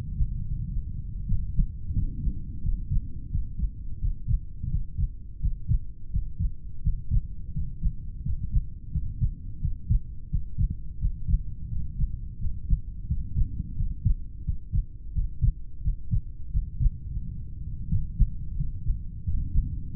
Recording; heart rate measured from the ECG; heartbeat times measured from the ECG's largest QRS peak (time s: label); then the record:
heart sounds by stethoscope; 86 bpm
0.42 s: heartbeat
1.25 s: heartbeat
1.92 s: heartbeat
2.61 s: heartbeat
3.29 s: heartbeat
3.99 s: heartbeat
4.68 s: heartbeat
5.39 s: heartbeat
6.10 s: heartbeat
6.81 s: heartbeat
7.51 s: heartbeat
8.21 s: heartbeat
8.90 s: heartbeat
9.59 s: heartbeat
10.28 s: heartbeat
10.98 s: heartbeat
11.68 s: heartbeat
12.37 s: heartbeat
13.06 s: heartbeat
13.75 s: heartbeat
14.43 s: heartbeat
15.12 s: heartbeat
15.81 s: heartbeat
16.50 s: heartbeat
17.06 s: heartbeat
17.88 s: heartbeat
18.54 s: heartbeat
19.23 s: heartbeat
19.90 s: heartbeat
From the record:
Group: heart failure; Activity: rest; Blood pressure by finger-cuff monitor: 73/49 mmHg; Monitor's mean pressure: 55 mmHg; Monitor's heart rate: 85 bpm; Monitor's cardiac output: 6.9 L/min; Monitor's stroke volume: 80 mL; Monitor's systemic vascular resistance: 560 dyn s/cm5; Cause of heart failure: idiopathic cardiomyopathy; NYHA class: 2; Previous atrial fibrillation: present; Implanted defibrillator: present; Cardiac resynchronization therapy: present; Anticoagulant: warfarin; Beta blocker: metoprolol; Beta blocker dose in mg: 50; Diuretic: furosemide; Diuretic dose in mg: 40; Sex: male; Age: 62 years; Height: 184 cm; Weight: 101 kg